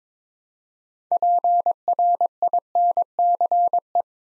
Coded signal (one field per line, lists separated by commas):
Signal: Morse code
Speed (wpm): 22 wpm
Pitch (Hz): 700 Hz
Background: none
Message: PRINCE